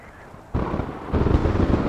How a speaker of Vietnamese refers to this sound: Sấm chớp địa đùng liên hồi trên mái nhà, khiến cho cô vợ mới cưới của Tuấn giật mình hoảng hốt.